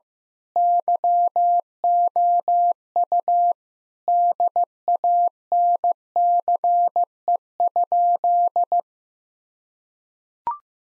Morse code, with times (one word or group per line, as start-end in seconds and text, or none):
0.6-3.5 YOU
4.1-8.8 DANCE?